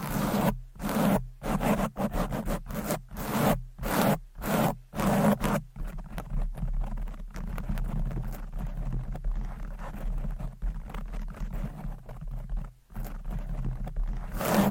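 Fast, aggressive mic scratching: rapid rough bursts with sharp gaps for six seconds, then a denser continuous rubbing with a low hum underneath.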